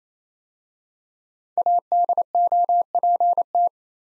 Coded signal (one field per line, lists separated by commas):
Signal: Morse code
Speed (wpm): 27 wpm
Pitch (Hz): 700 Hz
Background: none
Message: ADOPT